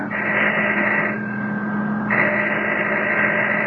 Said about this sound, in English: All right, we'll start legit. I'm ringing the doorbell.